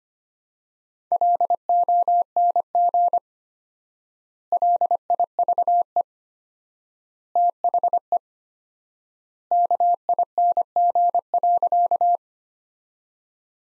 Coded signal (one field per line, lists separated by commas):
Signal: Morse code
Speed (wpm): 25 wpm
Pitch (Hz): 700 Hz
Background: none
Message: LONG LIVE THE KING.